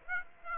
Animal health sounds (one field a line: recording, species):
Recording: mosquito wingbeat signal from an infrared sensor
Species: Aedes aegypti